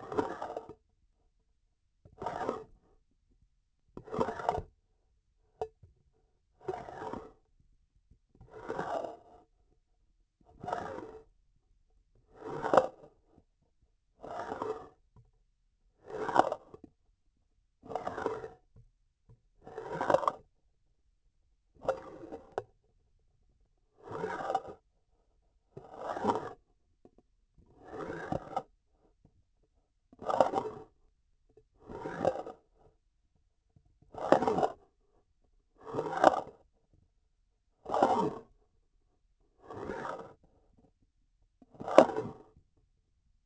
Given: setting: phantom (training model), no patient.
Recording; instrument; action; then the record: laparoscopic instrument, vibration sensor on the handle end; grasping forceps; approaching and retracting movements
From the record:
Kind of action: spatial motion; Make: Olympus